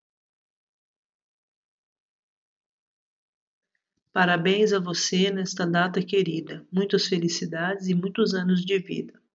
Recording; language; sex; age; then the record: short text; Brazilian Portuguese; female; 40 to 49 years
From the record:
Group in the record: control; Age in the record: 49 years